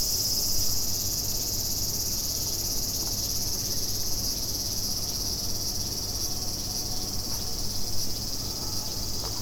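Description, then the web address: Cicada chorus, a steady high hissing drone that holds unbroken throughout, with faint scattered ticks over a low background rumble. Recorded 29 July 2016. "fukudai. cicada 160729"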